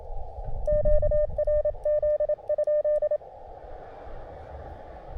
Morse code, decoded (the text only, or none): QRZ?